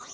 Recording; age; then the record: pig call; piglet (1 to 25 days)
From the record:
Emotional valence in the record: negative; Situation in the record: long isolation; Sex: male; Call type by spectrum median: high-frequency call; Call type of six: mixed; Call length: 0.14 s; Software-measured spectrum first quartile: 1456 Hz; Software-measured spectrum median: 4328 Hz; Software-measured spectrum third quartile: 6735 Hz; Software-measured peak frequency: 1222 Hz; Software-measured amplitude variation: 70 dB a second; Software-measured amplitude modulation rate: 13.9 a second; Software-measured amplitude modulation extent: 5.1 dB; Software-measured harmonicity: 2.1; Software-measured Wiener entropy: -1.73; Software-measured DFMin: 660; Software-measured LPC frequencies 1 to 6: 1216, 3748, 6003, 6678, 8356, 10291 Hz